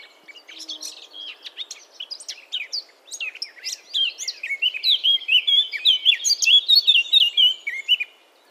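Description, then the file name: Eurasian blackcap singing: soft chattering warble at first, then a loud rich sequence of rapid whistled phrases lasting several seconds before fading. "Sylvia atricapilla"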